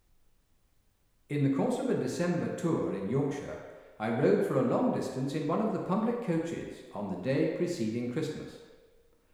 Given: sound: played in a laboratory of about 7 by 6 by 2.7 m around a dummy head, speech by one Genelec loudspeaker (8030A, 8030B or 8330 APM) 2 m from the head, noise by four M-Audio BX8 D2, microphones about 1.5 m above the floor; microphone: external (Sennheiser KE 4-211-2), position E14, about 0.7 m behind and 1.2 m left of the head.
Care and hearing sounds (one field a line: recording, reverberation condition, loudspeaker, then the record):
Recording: male speech in English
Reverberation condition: high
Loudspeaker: 90 degrees to the left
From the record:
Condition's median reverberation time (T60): about 1300 ms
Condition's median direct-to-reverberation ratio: about -4.0 dB